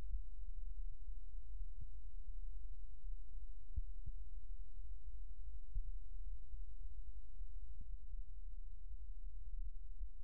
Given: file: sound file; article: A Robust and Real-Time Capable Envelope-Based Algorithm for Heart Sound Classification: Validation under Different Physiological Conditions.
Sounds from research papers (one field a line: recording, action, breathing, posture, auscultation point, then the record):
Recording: heart sounds by electronic stethoscope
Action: rest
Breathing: normal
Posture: sitting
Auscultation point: left side of the back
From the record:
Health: healthy, no known heart disease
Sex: male